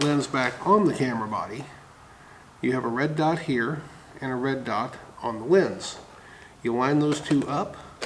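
A bayonet-mount lens is handled at a camera body's mount while someone talks, with its red dot being lined up to the red dot on the body. Nothing has seated or clicked yet; the quarter twist that locks the lens into place has not happened.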